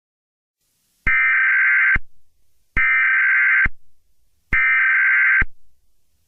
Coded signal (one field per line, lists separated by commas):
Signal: Emergency Alert System (SAME) tones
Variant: header bursts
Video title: EAS scenario 18: Halloween Horror part 3 (final chapter)